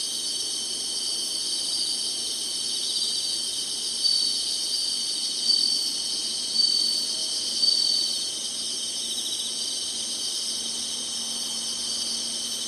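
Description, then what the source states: Insects in a continuous high shrill chorus, dense and steady, with a few slightly louder pulses swelling over it around the middle. Singing insects in summer.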